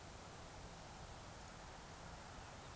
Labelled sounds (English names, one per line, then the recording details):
Eurasian Woodcock whistle
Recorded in Baden-Württemberg, Germany, on 26 June 2021 at 20:16 UTC
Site 45499, 200 m above sea level